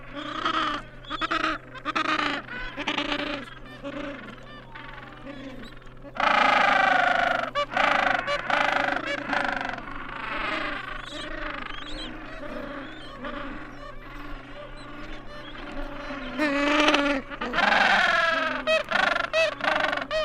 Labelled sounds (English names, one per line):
Gentoo Penguin call